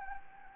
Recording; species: mosquito wingbeat signal from an infrared sensor; Anopheles gambiae